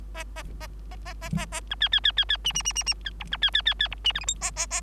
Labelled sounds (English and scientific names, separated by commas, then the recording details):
Bengalese Finch (Lonchura striata domestica) song
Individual Bird3